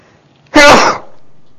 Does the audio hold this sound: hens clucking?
no